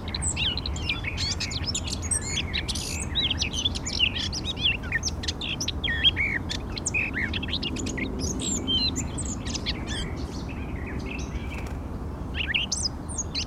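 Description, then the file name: Eurasian blackcap song, a dense stream of twittering, scratchy and whistled phrases throughout, with a steady low rumble beneath. "Sylvia atricapilla"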